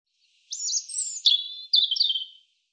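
European robin song: one high phrase of thin whistles and rapid twittering notes.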